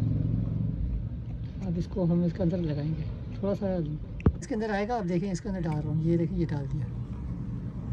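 A carry cot component of a baby carry cot and car seat is pushed into its mating slot on the car seat/rocker frame while someone talks over a low background rumble. Brief handling noises are heard as the part is worked into place, but nothing has seated or clicked yet.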